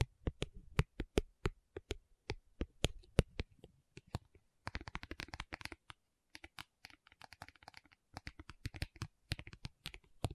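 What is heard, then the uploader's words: Sharp tapping clicks in a steady, fairly quick rhythm for the first few seconds, each tap crisp and bright. Around the five-second mark the tapping turns denser and more scattered, with clusters of softer, rustling clicks before returning to bursts of quicker taps. Tapping Session (No Talking).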